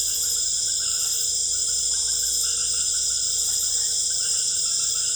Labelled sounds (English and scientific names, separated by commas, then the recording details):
none
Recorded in secondary vegetation near Puerto Asís, Putumayo, Colombia, on 26 December 2024 at 19:00
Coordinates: 0.488, -76.319
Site GP04